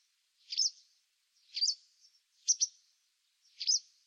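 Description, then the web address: White wagtail calls: four brisk, high double chirps, spaced about a second apart in near silence. "cianscape birddata Deverinetal 2025"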